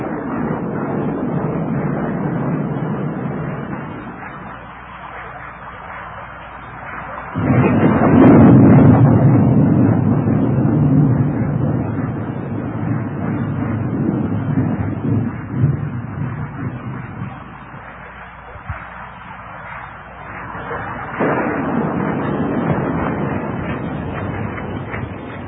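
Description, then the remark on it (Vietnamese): Steady rain hisses on a roof throughout as low thunder with lightning rolls in, sometimes far and sometimes near, swelling loudly around a third of the way through and again near the end before fading back to the downpour. “Càng lúc tiếng lộp độp càng mau hơn, thỉnh thoảng vẫn có những làn chớp lóa mắt kèm theo những tiếng nổ lúc xa lúc gần.”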